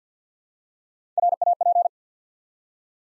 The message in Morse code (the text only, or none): RAP